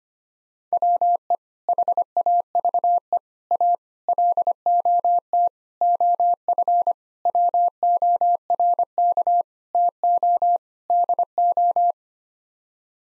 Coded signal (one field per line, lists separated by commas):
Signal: Morse code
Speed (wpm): 25 wpm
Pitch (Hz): 700 Hz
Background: none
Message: WE HAVE A LOT OF WORK TO DO